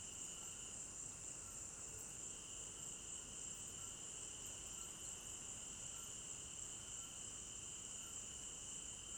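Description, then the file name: Crickets in a steady chorus: a shrill continuous band of trilling, very high, with a second, lower steady tone beneath, over a soft hiss of background noise. Crickets at night in an African village garden; stereo binaural recording. "African-Village Garden Night Crickets 01 Stereo-Binaural"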